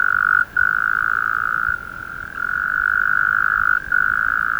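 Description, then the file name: Taipei tree frog giving a sustained, even trilling hum, interrupted by a few brief gaps, with no other clear sounds. "Rhacophorus taipeianus"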